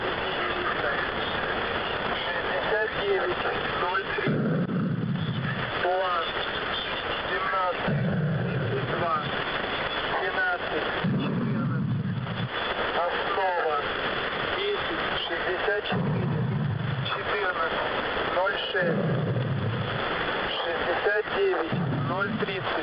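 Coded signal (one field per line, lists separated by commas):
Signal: coded military voice message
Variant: The Pip, Russian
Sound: distorted male voice reading over heavy radio hiss, with recurring low hums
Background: radio static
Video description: "The Pip" is a Russian military station that broadcasts on 5448 kHz at daytime and 3756 kHz at nighttime.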